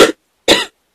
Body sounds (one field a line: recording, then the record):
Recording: coughing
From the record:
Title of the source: 55 gaggy wet cough